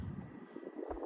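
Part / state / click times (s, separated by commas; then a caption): engine hose quick connector onto its fitting / not seated / none. After a spark plug job on a Chevy Equinox/GMC Terrain 2.4L engine, an engine hose quick connector is handled onto its fitting on the side of the engine. A low, steady background hum comes through with soft rustling handling noises and brief small transients near 0.9 s and 1.1 s. Nothing has seated or clicked yet.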